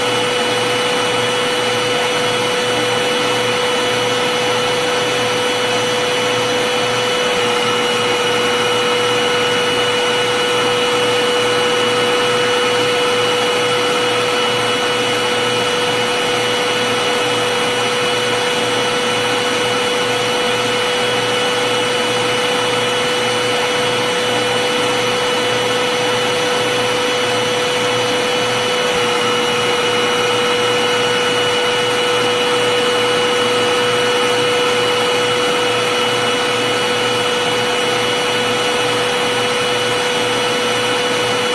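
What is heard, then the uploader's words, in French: A vacuum cleaner runs without pause for the whole clip, a dense, enveloping hiss over a steady motor drone. A sharp whining tone sits in the middle of the sound, with fainter whistles above it, and the level never changes. Les bruits blancs enveloppants d'un aspirateur. Le bruit régulier et constant de l'aspirateur.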